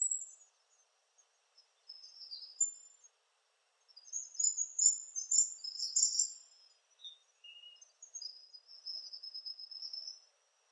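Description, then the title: Palm tanager song, a few high chips, then a lively squeaky twittering chatter followed by a thinner trailing twitter. "Sanhaçu-do-coqueiro (Tangara palmarum)"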